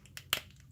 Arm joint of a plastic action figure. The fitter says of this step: arms oh you can hear that click see